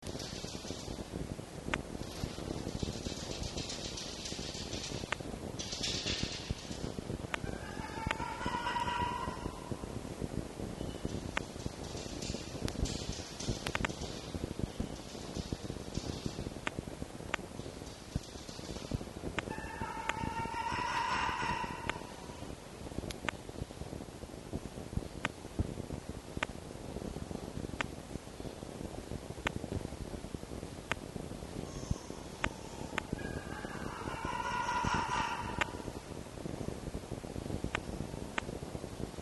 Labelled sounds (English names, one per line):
Red Fox